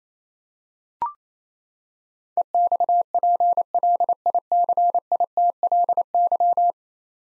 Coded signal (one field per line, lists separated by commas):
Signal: Morse code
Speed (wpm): 28 wpm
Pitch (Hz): 700 Hz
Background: none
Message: EXPLICITLY